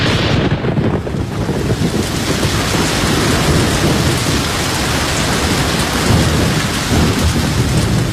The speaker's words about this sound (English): Lord, what a gully washer.